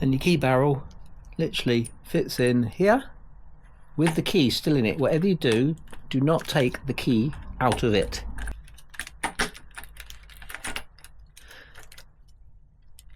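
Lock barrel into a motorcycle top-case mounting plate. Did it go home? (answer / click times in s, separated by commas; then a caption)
yes / 9.2 s. Someone talks while a lock barrel, with the key still in it, is pushed into its housing in a motorcycle top-case mounting plate. Short sharp sounds follow, and the barrel clicks into place at 9.2 s, seated, with a few more brief clicks and rattles around 10.6–10.8 s.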